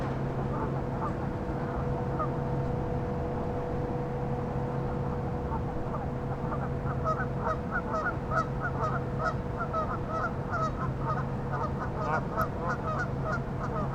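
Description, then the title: Goose: geese honking, sparse at first then a dense burst of repeated nasal honks from a flock, with a constant low hum beneath. "neoscenes: geese"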